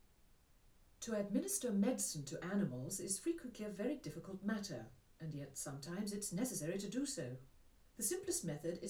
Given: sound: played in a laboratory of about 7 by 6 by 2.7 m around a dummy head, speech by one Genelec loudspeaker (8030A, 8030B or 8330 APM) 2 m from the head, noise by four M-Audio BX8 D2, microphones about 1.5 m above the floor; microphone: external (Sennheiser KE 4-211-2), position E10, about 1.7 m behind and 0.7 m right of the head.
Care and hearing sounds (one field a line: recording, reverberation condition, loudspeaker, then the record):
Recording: female speech in English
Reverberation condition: low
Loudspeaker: 30 degrees to the right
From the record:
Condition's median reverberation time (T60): about 310 ms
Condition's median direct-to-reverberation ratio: about 3.5 dB